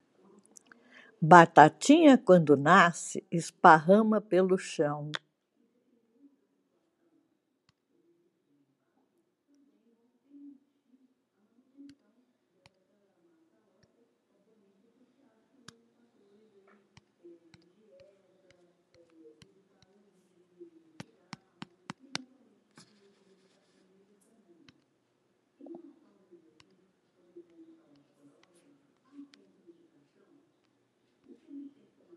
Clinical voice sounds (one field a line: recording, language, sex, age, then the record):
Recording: short text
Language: Brazilian Portuguese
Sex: female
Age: 80 to 89 years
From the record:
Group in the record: control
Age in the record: 85 years